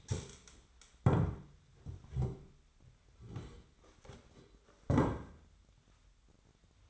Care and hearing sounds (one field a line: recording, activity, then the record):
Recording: daily activity, microphone in the room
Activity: stand up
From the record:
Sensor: 3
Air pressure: 1008.0 hPa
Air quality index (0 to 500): 191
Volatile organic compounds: 14 ppm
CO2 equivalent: 2454 ppm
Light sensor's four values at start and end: 12/29/12/12 and 12/29/12/12